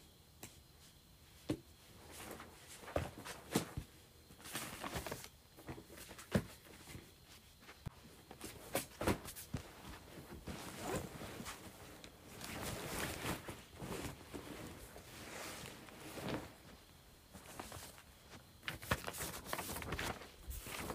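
Items being moved around produce irregular knocks, scrapes and rustles throughout, with sharp clunks near two, six and nineteen seconds.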